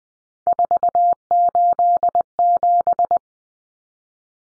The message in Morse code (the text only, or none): 487